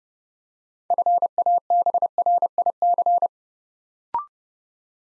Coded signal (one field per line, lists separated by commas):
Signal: Morse code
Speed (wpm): 30 wpm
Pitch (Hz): 700 Hz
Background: none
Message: FABRIC